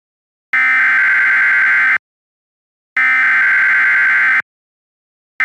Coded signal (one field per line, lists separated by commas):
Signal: Emergency Alert System (SAME) tones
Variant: header bursts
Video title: EAS Mock: Georgia Severe Thunderstorm Warning.